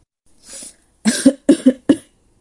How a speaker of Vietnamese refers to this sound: Nghe tiếng ho khan của hắn, cuối cùng Lộ Tiểu Thiền mới an lòng.